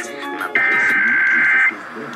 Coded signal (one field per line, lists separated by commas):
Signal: Emergency Alert System (SAME) tones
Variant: header bursts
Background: speech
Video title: Radio Explosions II: Pre-Christmas Blastoff! EAS Alerts from 12/21-22/22 (EAS 9392-9424)